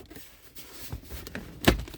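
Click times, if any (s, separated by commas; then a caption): 1.7 s. The remaining snap clips of a plastic side trim panel on a Toyota RAV4 are pressed into the body. After some faint handling taps, a sharp snap at 1.7 s marks a clip seating, followed by a few softer ticks. The panel clips snap home and the panel is seated.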